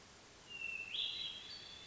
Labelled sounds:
Hermit Thrush
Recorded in Sonoma County, California

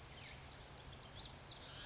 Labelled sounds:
Blue-gray Gnatcatcher
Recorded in Sonoma County, California

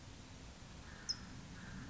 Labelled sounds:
California Towhee
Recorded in Sonoma County, California

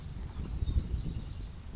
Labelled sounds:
California Towhee
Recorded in Sonoma County, California

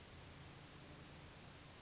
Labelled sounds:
Western Flycatcher
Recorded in Sonoma County, California

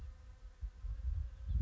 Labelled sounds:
House Finch
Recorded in Sonoma County, California

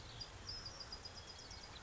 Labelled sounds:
Bewick's Wren
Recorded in Sonoma County, California

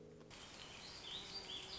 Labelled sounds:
Warbling Vireo
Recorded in Sonoma County, California

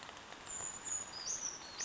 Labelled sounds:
Western Flycatcher
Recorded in Sonoma County, California

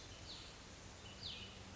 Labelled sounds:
Cassin's Vireo
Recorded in Sonoma County, California

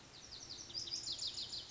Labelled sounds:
Lazuli Bunting
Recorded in Sonoma County, California

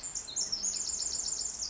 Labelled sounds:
Pacific Wren
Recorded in Sonoma County, California

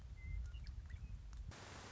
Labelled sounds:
Western Meadowlark
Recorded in Sonoma County, California

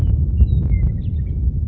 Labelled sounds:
Western Meadowlark
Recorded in Sonoma County, California

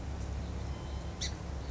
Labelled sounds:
Song Sparrow
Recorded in Sonoma County, California

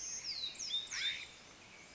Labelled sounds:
California Scrub-Jay
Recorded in Sonoma County, California

